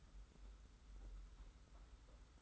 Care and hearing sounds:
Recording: daily activity, microphone in the room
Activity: take from stove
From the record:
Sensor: 3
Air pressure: 991.1 hPa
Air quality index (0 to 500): 102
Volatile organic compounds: 36 ppm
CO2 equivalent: 3072 ppm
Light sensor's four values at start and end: 45/124/51/44 and 45/124/51/44

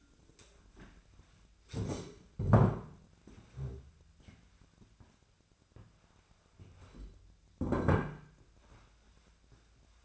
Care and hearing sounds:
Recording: daily activity, microphone in the room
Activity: stand up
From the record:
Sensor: 2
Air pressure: 1008.0 hPa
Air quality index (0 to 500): 179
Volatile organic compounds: 10 ppm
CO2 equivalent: 2205 ppm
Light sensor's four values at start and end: 10/25/10/11 and 10/25/10/10

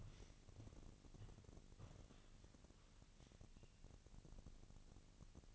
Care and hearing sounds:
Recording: daily activity, microphone in the room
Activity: walk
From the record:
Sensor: 4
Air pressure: 1013.0 hPa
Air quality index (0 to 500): 173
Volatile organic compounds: 2 ppm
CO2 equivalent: 1096 ppm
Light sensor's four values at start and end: 70/174/74/78 and 71/175/75/79

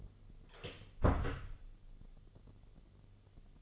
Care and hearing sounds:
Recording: daily activity, microphone in the room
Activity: close door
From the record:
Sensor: 4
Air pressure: 1016.1 hPa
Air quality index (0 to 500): 209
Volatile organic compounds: 13 ppm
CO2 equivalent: 2386 ppm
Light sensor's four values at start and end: 9/20/8/7 and 9/20/8/7

